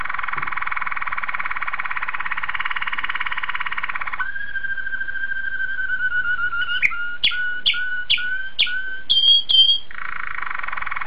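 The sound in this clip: Canary song with long rolling buzzy tones, then clear whistled notes broken by sharp clicking chips, ending in another rolling tour.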